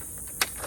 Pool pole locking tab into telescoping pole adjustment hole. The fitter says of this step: it locks in place, and you're done. This is amazing.